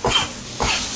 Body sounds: coughing mixed with background sound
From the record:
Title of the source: Spring Cold Coughing 2

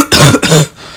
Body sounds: coughing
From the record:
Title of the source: Wet coughing

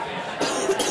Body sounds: coughing mixed with background sound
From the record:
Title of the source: 34 coughing up crap again

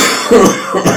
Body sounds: coughing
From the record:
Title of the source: Spring Cold Coughing 3

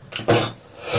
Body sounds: coughing mixed with background sound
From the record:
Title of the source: Cough Around the Clock!

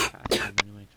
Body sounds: coughing mixed with background sound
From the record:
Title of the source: 61 morning phlegmy cough...again

